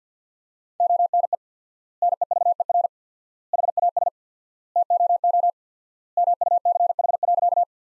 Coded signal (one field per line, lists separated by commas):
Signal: Morse code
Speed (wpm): 47 wpm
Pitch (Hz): 700 Hz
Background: none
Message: ONE NEVER HAS TOO MUCH.